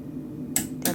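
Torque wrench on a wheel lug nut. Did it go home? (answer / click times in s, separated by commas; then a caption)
yes / 0.6 s, 0.9 s. A clicking torque wrench tightens a lug nut on a Model 3 car wheel during a tire rotation, with a low steady hum underneath. Two sharp clicks come at 0.6 s and 0.9 s as the wrench reaches its setting, showing the nut is tight and secure.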